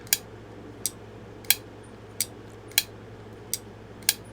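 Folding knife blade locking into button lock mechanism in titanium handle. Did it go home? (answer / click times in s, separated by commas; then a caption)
yes / 0.1 s, 0.9 s, 1.5 s, 2.2 s, 2.8 s, 4.1 s. The blade of a titanium-handled Exciton button lock folding knife is repeatedly opened and closed, snapping into its locked positions. Sharp, bright metallic clicks ring out at 0.1, 0.9, 1.5, 2.2, 2.8 and 4.1 seconds over a steady low hum. The blade locks positively both open and closed.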